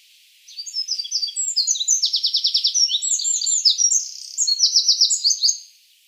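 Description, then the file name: Eurasian wren song: a loud, rapid five-second outpouring of high, sharp twitters and fast rattling trills, with no other sounds. "Troglodytes troglodytes"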